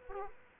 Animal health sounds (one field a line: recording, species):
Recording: mosquito wingbeat signal from an infrared sensor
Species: Aedes aegypti